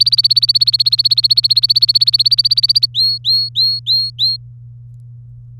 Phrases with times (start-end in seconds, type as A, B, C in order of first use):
0.00-2.86 A, 2.94-4.36 B